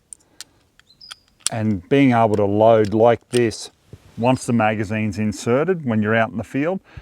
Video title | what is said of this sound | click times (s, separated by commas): CZ 600 "American" .223Rem Rifle (with accuracy testing) | You can just load it simply by clicking into place there. | 0.1 s, 0.4 s